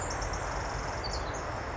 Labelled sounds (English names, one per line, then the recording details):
Pacific Wren
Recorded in Sonoma County, California